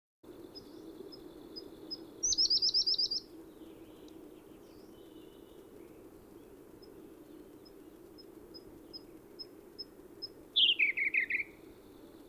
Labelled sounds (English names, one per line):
Siberian Blue Robin song